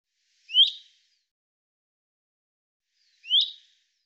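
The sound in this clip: Common chaffinch: a pair of crisp, rising call notes separated by over two seconds of quiet.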